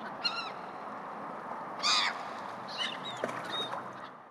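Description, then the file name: Gull call: one loud, harsh squawk in the middle, with a few fainter cries before and after over a constant low hiss. Gulls in a harbour. "Harbor seagulls"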